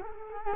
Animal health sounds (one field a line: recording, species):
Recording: mosquito wingbeat signal from an infrared sensor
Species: Culex quinquefasciatus